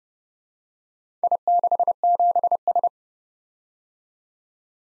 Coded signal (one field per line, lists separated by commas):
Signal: Morse code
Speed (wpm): 29 wpm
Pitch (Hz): 700 Hz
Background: none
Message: I67S